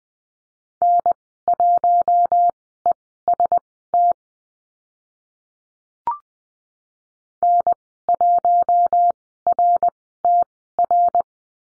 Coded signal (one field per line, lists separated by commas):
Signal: Morse code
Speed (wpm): 19 wpm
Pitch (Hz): 700 Hz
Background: none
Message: N1EST N1RTR